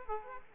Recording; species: mosquito wingbeat signal from an infrared sensor; Aedes aegypti